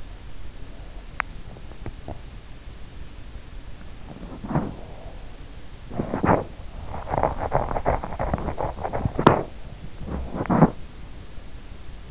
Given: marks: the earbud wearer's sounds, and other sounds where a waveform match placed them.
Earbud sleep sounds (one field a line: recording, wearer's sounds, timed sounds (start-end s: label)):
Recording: sounds in sleep by an in-ear microphone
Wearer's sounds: teeth grinding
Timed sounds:
0.00-12.11 s: teeth grinding
0.13-2.19 s: sound from someone else or the room